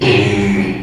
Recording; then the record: squeal of a Yucatan mini pig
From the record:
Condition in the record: after surgery on the right vocal fold (resection and tissue-engineered implant); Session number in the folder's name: 2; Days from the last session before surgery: 13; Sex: male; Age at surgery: 12 weeks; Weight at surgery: 13 kg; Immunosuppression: cyclosporine, prednisolone